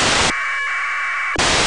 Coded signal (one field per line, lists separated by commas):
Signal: packet radio (AX.25, as in APRS)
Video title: ISS packet receive with rtl-sdr dongle and antenna turnstile.